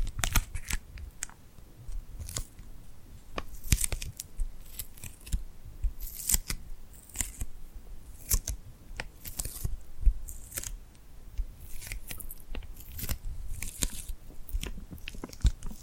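Crisp sticky hand sounds crackle and snap in quick irregular bursts, bright and dry, filling the whole clip.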